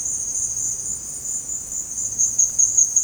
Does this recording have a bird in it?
no